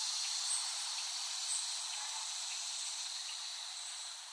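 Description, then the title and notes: Cicadas buzzing in a dense high chorus, steady with slight pulsing, fading a little toward the end, faint chirps scattered underneath. Cicadas recorded in West Brighton, Staten Island, late summer 2008. "Recording of cicadas made by Dan Bodah in West Brighton, Staten Island, late summer 2008."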